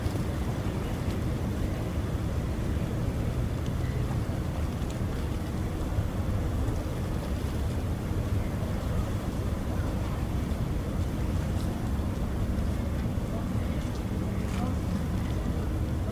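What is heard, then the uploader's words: A waterfront scene with a steady, dense low rumble like a ferry engine running throughout, over a continuous wash of water. The level stays even for the whole stretch, with a few faint brief clicks and taps scattered on top. Sydney Harbour. Recorded LIVE between the Harbour Bridge and the iconic Opera House as night falls on Australia’s most well-known place, known as the Emerald City.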